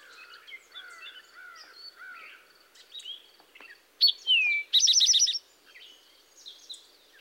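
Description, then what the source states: Towhee song: a high note and a clear descending whistle followed by a rapid trill, amid a background chorus of other birds. Song commonly represented as 'drink your tea', made of two clearly whistled notes followed by a trill.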